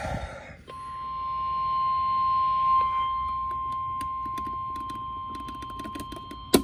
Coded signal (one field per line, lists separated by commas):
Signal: Emergency Alert System (SAME) tones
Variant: 1050 Hz attention tone